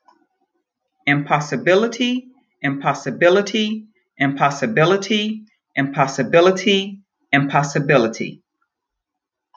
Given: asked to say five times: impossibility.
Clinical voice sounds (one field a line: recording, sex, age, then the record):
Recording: repeated word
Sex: female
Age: 50 to 59 years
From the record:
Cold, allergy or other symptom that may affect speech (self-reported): no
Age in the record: 56 years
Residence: South Carolina, United States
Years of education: 13